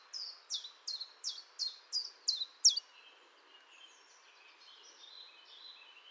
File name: Pouillot-véloce